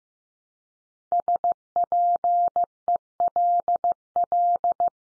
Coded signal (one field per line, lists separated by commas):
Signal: Morse code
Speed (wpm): 15 wpm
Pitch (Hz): 700 Hz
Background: none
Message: SPELL